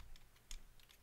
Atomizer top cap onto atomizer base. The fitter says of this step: line that up with those notches it'll slide right down and pop into place